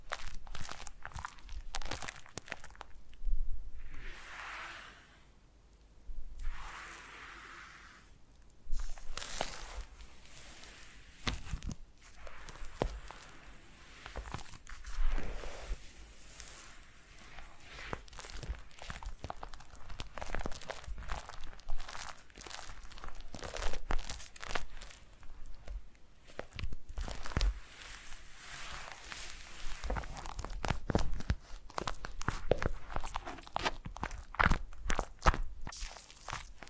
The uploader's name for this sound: Foam Massage